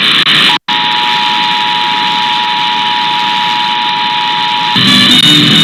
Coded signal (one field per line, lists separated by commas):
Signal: Emergency Alert System (SAME) tones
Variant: 853 and 960 Hz attention tone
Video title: Tests to Close Out September (EAS #29148-29181) 9/30/25